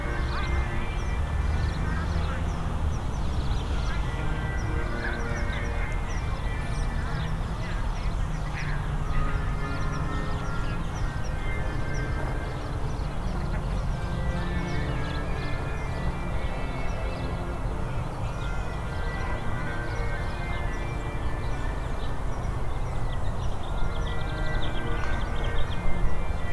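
Slow, sustained pipe organ notes hold over a steady low rumble like a plane overhead, with honking, quacking calls scattered throughout.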